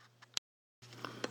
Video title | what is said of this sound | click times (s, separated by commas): UNBOXING! The NEW 2019 INTEX 3000 GPH Sand Filter Pump COMPLETE ASSEMBLY AND SETUP GUIDE | this just goes right up here to the front of the unit and attaches like so and locks into place | 0.4 s